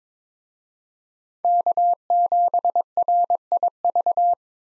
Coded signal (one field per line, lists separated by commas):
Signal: Morse code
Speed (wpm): 22 wpm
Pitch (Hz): 700 Hz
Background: none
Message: K7RIV